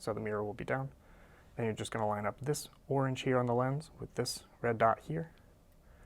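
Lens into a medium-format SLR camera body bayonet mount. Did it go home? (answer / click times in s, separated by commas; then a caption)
no / none. A metal bayonet lens is lined up with the mount of a wound Hasselblad 500C/M medium-format SLR camera body, its mirror down, orange mark on the lens set to the red dot on the body, while someone talks throughout. No distinct handling clicks stand out over the voice. Nothing has seated or clicked into place yet.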